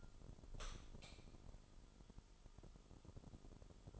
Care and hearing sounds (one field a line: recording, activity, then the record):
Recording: daily activity, microphone in the room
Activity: light on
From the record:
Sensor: 5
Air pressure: 988.5 hPa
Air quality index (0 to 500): 216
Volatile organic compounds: 115 ppm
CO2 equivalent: 3846 ppm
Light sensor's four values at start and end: 44/132/51/55 and 45/137/53/57